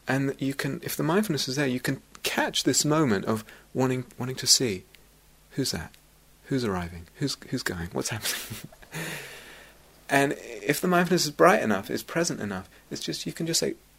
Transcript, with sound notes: And if the mindfulness is there, you can catch this moment of wanting to see: "Who's that? Who's arriving? Who's going? What's happening?" [laughs] And if the mindfulness is bright enough, is present enough, you can just say,